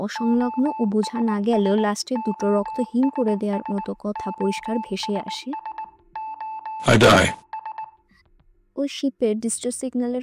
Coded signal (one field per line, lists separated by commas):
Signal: Morse code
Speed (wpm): 19 wpm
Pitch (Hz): 880 Hz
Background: speech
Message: OSS OSS OSS OSS